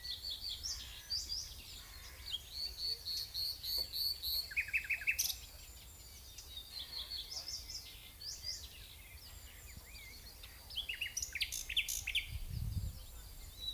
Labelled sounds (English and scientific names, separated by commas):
Common Nightingale (Luscinia megarhynchos) song